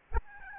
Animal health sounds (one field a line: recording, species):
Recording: mosquito wingbeat signal from an infrared sensor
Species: Aedes albopictus